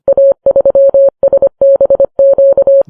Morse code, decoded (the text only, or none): A3SBQ